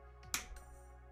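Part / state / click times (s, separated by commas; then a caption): plastic LEGO brick onto the X-wing model / seated / 0.3 s. A plastic LEGO brick is pressed onto an X-wing model being built, giving a sharp, bright click at 0.3 s between two softer taps. The brick clicks into place and is seated on the model.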